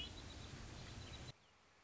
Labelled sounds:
Red-winged Blackbird
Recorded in Sonoma County, California

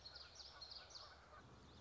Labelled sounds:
Common Yellowthroat
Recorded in Sonoma County, California

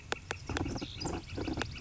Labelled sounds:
Northern Flicker
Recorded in Sonoma County, California

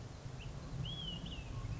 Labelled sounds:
Olive-sided Flycatcher
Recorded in Sonoma County, California

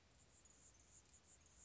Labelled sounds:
Anna's Hummingbird
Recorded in Sonoma County, California

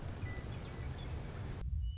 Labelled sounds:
Western Meadowlark
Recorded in Sonoma County, California

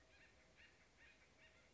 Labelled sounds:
Acorn Woodpecker
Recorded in Sonoma County, California

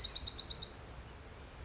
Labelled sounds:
Bewick's Wren
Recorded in Sonoma County, California

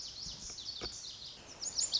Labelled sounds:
Lazuli Bunting
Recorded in Sonoma County, California

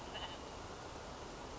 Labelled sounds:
California Quail
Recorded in Sonoma County, California

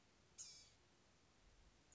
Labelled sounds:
Blue-gray Gnatcatcher
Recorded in Sonoma County, California

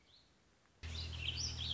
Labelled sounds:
Warbling Vireo
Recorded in Sonoma County, California

